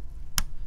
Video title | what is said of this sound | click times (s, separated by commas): Supermicro X9SCA & X9SCA-F Motherboard Overview - Memory Install & Configuration Tips - CSE-813M | click two and what that's done is you can see the tabs have officially | 0.4 s